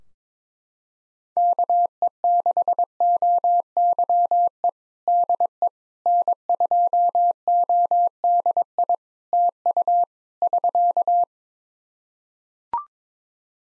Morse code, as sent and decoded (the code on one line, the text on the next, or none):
-.- . -.... --- -.-- . / -.. . / -. ..--- --- -.. .. / - ..- / ...-.-
KE6OYE DE N2ODI TU <SK>